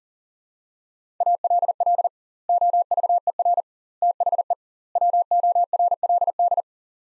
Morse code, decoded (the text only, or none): ALL OVER THE WORLD